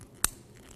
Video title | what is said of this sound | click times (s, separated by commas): Total Hip and Knee Class – Part 2 | reconnect it you're going to push one in at a time and you should hear a click when | 0.2 s